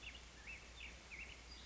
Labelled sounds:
Black-headed Grosbeak

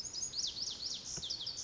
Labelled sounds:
Lazuli Bunting

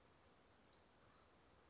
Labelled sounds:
Western Flycatcher

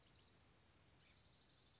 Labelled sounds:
Dark-eyed Junco

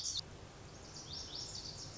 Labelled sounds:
Lazuli Bunting

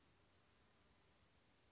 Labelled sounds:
Chestnut-backed Chickadee

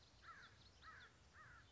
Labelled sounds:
American Crow

